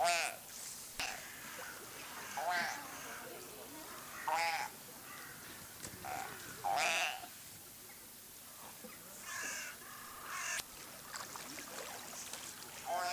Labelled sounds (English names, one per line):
Brown Fur Seal call